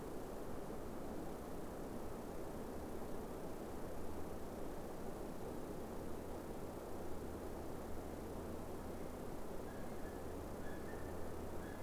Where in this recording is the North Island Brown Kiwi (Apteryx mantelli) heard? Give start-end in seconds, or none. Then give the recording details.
8.58-11.83. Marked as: faintness 3/5. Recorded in New Zealand on 5 November 2015. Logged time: 22:59. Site CQ72